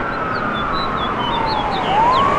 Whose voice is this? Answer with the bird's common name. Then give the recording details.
House Finch. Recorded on Long Island, New York, on 13 June 2011. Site MH. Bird B